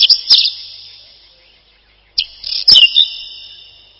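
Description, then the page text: Whinchat singing two brief phrases of squeaky, chattering notes with a pause between them, each followed by a long ringing trail. "Луговой чекан — Saxicola rubetra"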